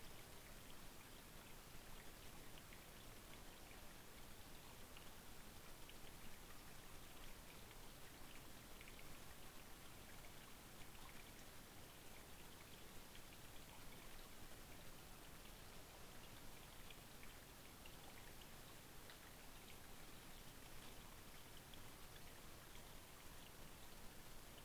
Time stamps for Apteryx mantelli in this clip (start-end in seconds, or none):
none